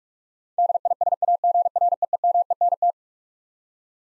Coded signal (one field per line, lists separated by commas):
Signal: Morse code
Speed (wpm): 46 wpm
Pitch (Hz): 700 Hz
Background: none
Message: DISAGREEMENT